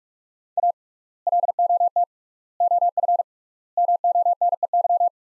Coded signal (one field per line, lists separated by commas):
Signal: Morse code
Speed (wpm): 44 wpm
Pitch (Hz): 700 Hz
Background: none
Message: A LOT OF MONEY